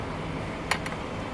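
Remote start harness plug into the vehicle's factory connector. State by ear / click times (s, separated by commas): seated / 0.7 s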